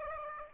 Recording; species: mosquito wingbeat signal from an infrared sensor; Aedes aegypti